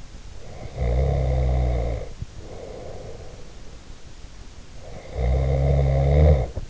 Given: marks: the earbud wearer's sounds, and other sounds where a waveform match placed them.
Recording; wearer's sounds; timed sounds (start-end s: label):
sounds in sleep by an in-ear microphone; snoring breath
0.39-3.46 s: snoring breath
4.76-6.70 s: snoring breath